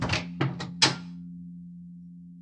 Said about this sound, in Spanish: Nos acercamos a ese despacho del fondo. Abrimos la puerta con sigilo.